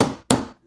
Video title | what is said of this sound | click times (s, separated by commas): Front Load Washer Bearing Replacement - Fix That Grinding Noise. DIY | Kind of a thud. Now, you know that that bearing is fully seated, and it's ready to go. | 0.0 s, 0.3 s